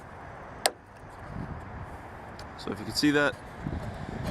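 A plastic Christmas light clip is pushed onto the edge of a metal gutter and snaps into place with a sharp, bright click at 0.7 s. Someone talks afterward over a low, steady background noise. The clip is seated on the gutter.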